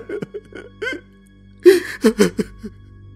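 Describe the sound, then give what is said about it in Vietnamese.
A boy sobs and cries in broken, wavering bursts, his breath catching in hiccuping gasps. The last few sobs come louder and sharper in a quick uneven rhythm. “Tiếng khóc của nó vang vọng não nề như muốn gọi mẹ nó về từ cõi chết.”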